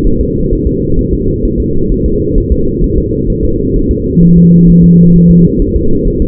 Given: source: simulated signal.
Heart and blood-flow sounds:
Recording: fetal heart sounds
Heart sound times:
0.07 s: S1
0.21 s: S2
0.53 s: S1
0.67 s: S2
0.99 s: S1
1.13 s: S2
1.45 s: S1
1.60 s: S2
1.92 s: S1
2.06 s: S2
2.38 s: S1
2.52 s: S2
2.84 s: S1
2.98 s: S2
3.30 s: S1
3.44 s: S2
3.76 s: S1
3.91 s: S2
4.23 s: S1
4.38 s: S2
4.70 s: S1
4.84 s: S2
5.16 s: S1
5.31 s: S2
5.62 s: S1
5.76 s: S2
6.07 s: S1
6.22 s: S2
From the record:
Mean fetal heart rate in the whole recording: 130 bpm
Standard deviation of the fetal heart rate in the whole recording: 4 bpm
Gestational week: 38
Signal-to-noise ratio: -16.4 dB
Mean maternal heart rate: 72 bpm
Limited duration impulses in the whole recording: present

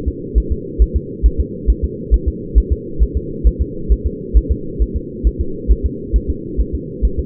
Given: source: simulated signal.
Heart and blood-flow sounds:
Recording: fetal heart sounds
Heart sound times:
0.08 s: S2
0.38 s: S1
0.52 s: S2
0.82 s: S1
0.96 s: S2
1.26 s: S1
1.41 s: S2
1.70 s: S1
1.84 s: S2
2.14 s: S1
2.28 s: S2
2.58 s: S1
2.72 s: S2
3.03 s: S1
3.17 s: S2
3.47 s: S1
3.62 s: S2
3.92 s: S1
4.06 s: S2
4.37 s: S1
4.51 s: S2
4.82 s: S1
4.97 s: S2
5.27 s: S1
5.41 s: S2
5.71 s: S1
5.86 s: S2
6.16 s: S1
6.30 s: S2
6.61 s: S1
6.75 s: S2
7.05 s: S1
7.19 s: S2
From the record:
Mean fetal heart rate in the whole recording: 135 bpm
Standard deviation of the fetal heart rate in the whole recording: 3 bpm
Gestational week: 34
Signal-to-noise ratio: -4.3 dB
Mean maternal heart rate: 72 bpm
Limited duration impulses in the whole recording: absent

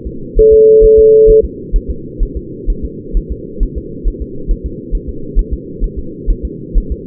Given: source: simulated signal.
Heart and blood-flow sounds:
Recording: fetal heart sounds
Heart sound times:
0.07 s: S2
0.39 s: S1
0.53 s: S2
0.84 s: S1
0.99 s: S2
1.30 s: S1
1.44 s: S2
1.76 s: S1
1.91 s: S2
2.23 s: S1
2.37 s: S2
2.70 s: S1
2.85 s: S2
3.17 s: S1
3.32 s: S2
3.63 s: S1
3.78 s: S2
4.08 s: S1
4.22 s: S2
4.51 s: S1
4.66 s: S2
4.95 s: S1
5.09 s: S2
5.39 s: S1
5.53 s: S2
5.84 s: S1
5.99 s: S2
6.31 s: S1
6.45 s: S2
6.78 s: S1
6.92 s: S2
From the record:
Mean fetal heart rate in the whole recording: 130 bpm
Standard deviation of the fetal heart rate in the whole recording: 4 bpm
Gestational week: 38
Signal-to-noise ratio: -4.3 dB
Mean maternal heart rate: 72 bpm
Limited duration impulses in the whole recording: present

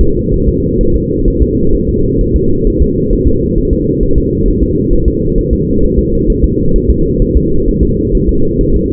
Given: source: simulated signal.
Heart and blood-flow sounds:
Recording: fetal heart sounds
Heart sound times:
0.01 s: S2
0.34 s: S1
0.48 s: S2
0.81 s: S1
0.95 s: S2
1.28 s: S1
1.42 s: S2
1.75 s: S1
1.89 s: S2
2.21 s: S1
2.36 s: S2
2.67 s: S1
2.82 s: S2
3.13 s: S1
3.28 s: S2
3.58 s: S1
3.73 s: S2
4.03 s: S1
4.18 s: S2
4.48 s: S1
4.63 s: S2
4.93 s: S1
5.08 s: S2
5.39 s: S1
5.53 s: S2
5.84 s: S1
5.98 s: S2
6.30 s: S1
6.44 s: S2
6.76 s: S1
6.90 s: S2
7.22 s: S1
7.36 s: S2
7.68 s: S1
7.83 s: S2
8.15 s: S1
8.29 s: S2
8.61 s: S1
8.76 s: S2
From the record:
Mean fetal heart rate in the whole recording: 130 bpm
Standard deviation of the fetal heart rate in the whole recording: 4 bpm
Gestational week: 38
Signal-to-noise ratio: -16.4 dB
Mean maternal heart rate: 72 bpm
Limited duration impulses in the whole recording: present

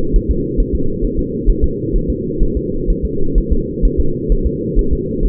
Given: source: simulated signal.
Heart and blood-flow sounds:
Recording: fetal heart sounds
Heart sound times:
0.16 s: S1
0.31 s: S2
0.60 s: S1
0.75 s: S2
1.05 s: S1
1.19 s: S2
1.50 s: S1
1.64 s: S2
1.96 s: S1
2.10 s: S2
2.43 s: S1
2.57 s: S2
2.90 s: S1
3.05 s: S2
3.38 s: S1
3.52 s: S2
3.85 s: S1
4.00 s: S2
4.32 s: S1
4.46 s: S2
4.79 s: S1
4.93 s: S2
5.25 s: S1
From the record:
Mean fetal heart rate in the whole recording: 130 bpm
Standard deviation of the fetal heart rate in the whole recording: 2 bpm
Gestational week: 38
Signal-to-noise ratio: -8.1 dB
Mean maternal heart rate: 72 bpm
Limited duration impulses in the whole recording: absent

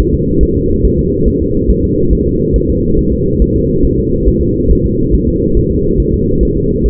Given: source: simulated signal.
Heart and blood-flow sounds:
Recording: fetal heart sounds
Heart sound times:
0.00 s: S1
0.14 s: S2
0.43 s: S1
0.57 s: S2
0.85 s: S1
1.00 s: S2
1.28 s: S1
1.42 s: S2
1.70 s: S1
1.85 s: S2
2.13 s: S1
2.27 s: S2
2.56 s: S1
2.70 s: S2
2.99 s: S1
3.13 s: S2
3.42 s: S1
3.56 s: S2
3.85 s: S1
4.00 s: S2
4.29 s: S1
4.43 s: S2
4.72 s: S1
4.86 s: S2
5.14 s: S1
5.29 s: S2
5.57 s: S1
5.72 s: S2
6.00 s: S1
6.14 s: S2
6.43 s: S1
6.57 s: S2
6.86 s: S1
From the record:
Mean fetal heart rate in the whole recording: 140 bpm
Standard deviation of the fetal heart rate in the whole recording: 2 bpm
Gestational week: 34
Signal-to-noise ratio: -15.3 dB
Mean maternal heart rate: 72 bpm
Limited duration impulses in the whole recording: present

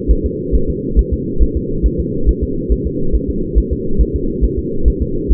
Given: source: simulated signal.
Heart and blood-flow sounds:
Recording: fetal heart sounds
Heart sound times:
0.11 s: S1
0.26 s: S2
0.55 s: S1
0.70 s: S2
0.99 s: S1
1.13 s: S2
1.43 s: S1
1.57 s: S2
1.86 s: S1
2.00 s: S2
2.29 s: S1
2.44 s: S2
2.72 s: S1
2.87 s: S2
3.15 s: S1
3.30 s: S2
3.58 s: S1
3.73 s: S2
4.01 s: S1
4.16 s: S2
4.44 s: S1
4.59 s: S2
4.88 s: S1
5.02 s: S2
5.32 s: S1
From the record:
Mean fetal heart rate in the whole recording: 135 bpm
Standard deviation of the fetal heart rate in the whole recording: 3 bpm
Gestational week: 34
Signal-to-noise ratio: -8.1 dB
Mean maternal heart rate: 72 bpm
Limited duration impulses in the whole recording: absent

